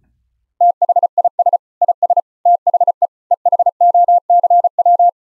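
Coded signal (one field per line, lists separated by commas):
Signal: Morse code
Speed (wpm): 36 wpm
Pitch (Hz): 700 Hz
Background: none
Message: THIS IS THE EHOCW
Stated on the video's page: Morse generated by the ehoCW Windows program over Mumble voice chat at low latency, recorded from a remote Linux laptop.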